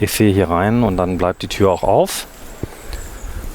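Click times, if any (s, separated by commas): 2.9 s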